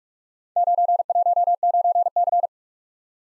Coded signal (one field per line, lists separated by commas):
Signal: Morse code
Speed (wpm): 44 wpm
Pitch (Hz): 700 Hz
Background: none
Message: 919C